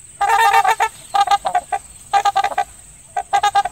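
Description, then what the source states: Trumpeter swan giving bursts of short, honking, brassy notes in quick clusters, with a steady high tone running underneath. A nesting pair at a wetland in southeast Michigan that had just hatched eight cygnets; 18 May 2021.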